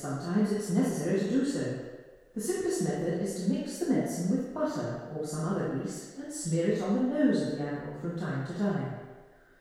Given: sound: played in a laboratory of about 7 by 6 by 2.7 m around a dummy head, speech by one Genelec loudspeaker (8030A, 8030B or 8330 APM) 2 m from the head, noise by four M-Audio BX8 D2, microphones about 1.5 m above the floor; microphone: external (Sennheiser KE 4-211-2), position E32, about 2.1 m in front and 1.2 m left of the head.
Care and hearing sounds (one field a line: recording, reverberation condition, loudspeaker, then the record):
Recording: female speech in English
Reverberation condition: high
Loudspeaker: 60 degrees to the left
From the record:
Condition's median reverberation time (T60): about 1300 ms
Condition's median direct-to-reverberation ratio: about -4.0 dB